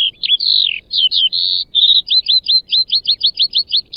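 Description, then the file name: Eurasian skylark song: fast high chirruping phrases, then a rapid run of short repeated trilled notes, with quiet background. Male bird. "ciocarlie mascul"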